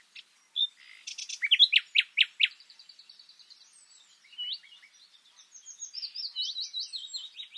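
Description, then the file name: Common nightingale song: a few sharp calls, a short burst of loud chirps, then faint twittering and whistled phrases. "Luscinia megarhynchos"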